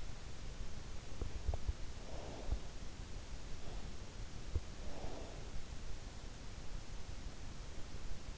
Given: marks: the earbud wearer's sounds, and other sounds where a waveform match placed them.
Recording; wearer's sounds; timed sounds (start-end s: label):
sounds in sleep by an in-ear microphone; teeth grinding, breath
1.01-1.85 s: teeth grinding
1.36-2.88 s: breath
4.44-5.74 s: breath